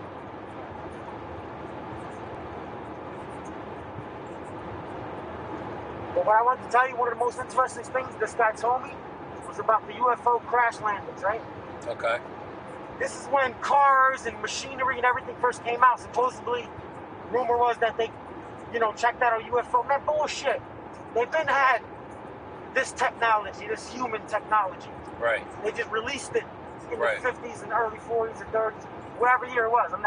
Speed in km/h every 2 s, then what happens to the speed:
103, 105, 106, 109, 108, 106, 106, 106, 105, 101, 100, 101, 101, 101, 100.
0-7 speeds up to 109. 7-19 slows to 100. 19-26 steady at about 101.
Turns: none.